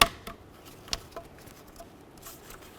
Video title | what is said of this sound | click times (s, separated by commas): How To Replace Mirror Switch 2006-12 Ford Fusion | once it's in go ahead and snap it in | 0.0 s